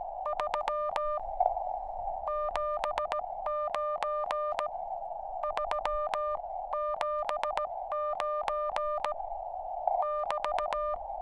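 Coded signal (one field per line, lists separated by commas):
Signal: Morse code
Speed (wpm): 17 wpm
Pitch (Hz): 1200 Hz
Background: none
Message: 379 379 <BT>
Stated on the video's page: NVIS Morse contact on 80m using a QCX kit, low end-fed 134 ft wire with 49:1 transformer, hilltop portable operation.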